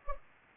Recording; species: mosquito wingbeat signal from an infrared sensor; Anopheles gambiae